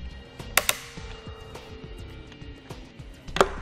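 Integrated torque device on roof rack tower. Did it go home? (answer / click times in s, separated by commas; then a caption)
yes / 0.6 s. The integrated torque device on a Yakima RidgeLine roof rack tower is tightened on the flush rails of a 2018 Ford Edge, and it clicks at 0.6 s once it is plenty tight. A second sharp click follows at 0.7 s, and another sharp click comes near 3.4 s over a quiet background.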